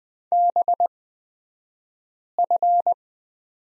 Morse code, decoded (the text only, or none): BF